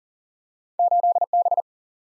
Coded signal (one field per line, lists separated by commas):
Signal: Morse code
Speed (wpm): 39 wpm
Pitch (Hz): 700 Hz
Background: none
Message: 8B